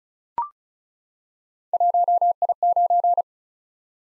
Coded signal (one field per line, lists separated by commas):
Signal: Morse code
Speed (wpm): 35 wpm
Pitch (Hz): 700 Hz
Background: none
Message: 1I9